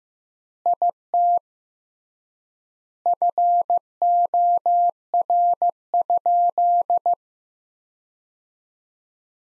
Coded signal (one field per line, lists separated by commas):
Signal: Morse code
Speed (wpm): 15 wpm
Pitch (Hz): 700 Hz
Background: none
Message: IT FOR?